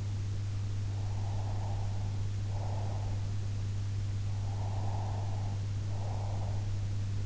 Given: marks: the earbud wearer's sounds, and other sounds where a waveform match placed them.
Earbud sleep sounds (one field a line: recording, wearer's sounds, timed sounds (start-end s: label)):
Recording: sounds in sleep by an in-ear microphone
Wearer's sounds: breath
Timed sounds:
0.93-3.26 s: breath
4.47-6.65 s: breath